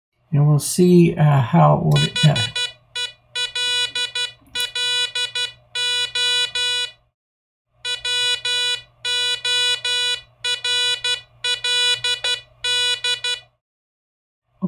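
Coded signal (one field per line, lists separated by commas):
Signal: Morse code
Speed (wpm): 12 wpm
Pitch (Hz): 2950 Hz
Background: speech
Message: HELLO WORLD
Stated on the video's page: Morse code generated by an Arduino sketch using a C++ class.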